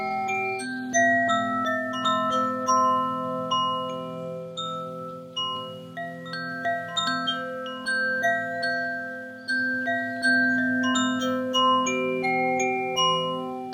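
Wind chimes ring continuously, overlapping bright metallic tones struck every second or so and sustaining over a low steady hum.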